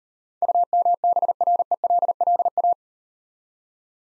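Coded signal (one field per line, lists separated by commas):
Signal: Morse code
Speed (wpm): 38 wpm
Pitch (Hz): 700 Hz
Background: none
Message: UMBRELLA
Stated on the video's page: Morse code copying practice with easy words at 30 wpm, using contextual hints.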